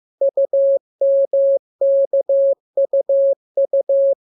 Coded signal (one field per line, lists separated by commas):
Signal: Morse code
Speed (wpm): 15 wpm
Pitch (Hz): 550 Hz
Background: none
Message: UMKUU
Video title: Learning Morse Code. Lesson 2. Letter KMU.